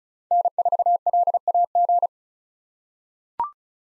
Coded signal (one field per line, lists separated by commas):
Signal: Morse code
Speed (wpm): 36 wpm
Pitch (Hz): 700 Hz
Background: none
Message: N4LAG